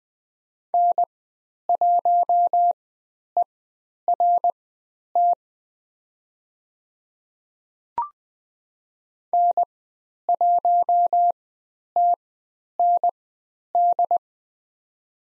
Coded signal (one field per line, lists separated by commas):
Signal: Morse code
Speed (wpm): 20 wpm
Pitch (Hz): 700 Hz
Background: none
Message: N1ERT N1TND